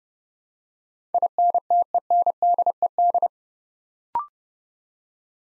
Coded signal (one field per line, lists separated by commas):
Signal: Morse code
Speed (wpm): 28 wpm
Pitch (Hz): 700 Hz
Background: none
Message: INTENDED